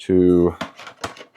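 The top section of a Shark Detect Empty & Clean (IW4625) cordless vac's auto-empty base is handled toward its base unit and container while someone talks. Brief handling knocks are heard around 0.6 s and 1.0 s. Nothing has seated or clicked into place yet.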